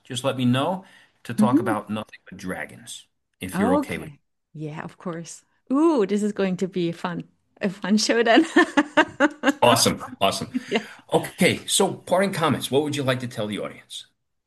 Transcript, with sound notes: just let me know-
Mm-hmm.
... to talk about nothing but dragons, if you're okay with it.
Oh, okay. Yeah. Of course. Ooh, this is going to be fun, a fun show then (laughs) .
Awesome, awesome.
Yeah.
Okay. So parting comments, what would you like to tell the audience?